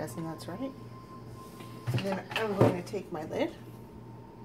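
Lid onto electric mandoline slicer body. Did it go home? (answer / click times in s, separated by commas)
no / none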